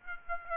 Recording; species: mosquito wingbeat signal from an infrared sensor; Aedes aegypti